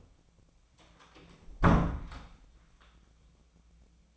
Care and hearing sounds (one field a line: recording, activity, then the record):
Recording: daily activity, microphone in the room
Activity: close door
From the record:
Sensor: 1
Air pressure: 1009.3 hPa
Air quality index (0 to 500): 181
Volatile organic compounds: 3 ppm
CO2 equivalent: 1528 ppm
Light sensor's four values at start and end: 41/110/45/54 and 41/110/45/54